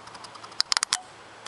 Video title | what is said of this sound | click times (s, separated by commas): (Part 1) How To Fix Your Check Engine, VSC, Trac Off Warning Lights On | Okay, there's the click. | 0.6 s, 0.7 s, 0.8 s, 0.9 s